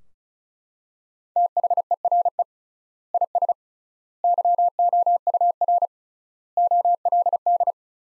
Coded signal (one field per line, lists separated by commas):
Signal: Morse code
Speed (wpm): 34 wpm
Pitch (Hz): 700 Hz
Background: none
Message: THERE IS YOUR OLD